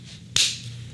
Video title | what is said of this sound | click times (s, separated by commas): 10 CHEAP Designer Scents That Hold Up To Chanel, Dior & Other Expensive Brands | cap clicks into place as well with | 0.4 s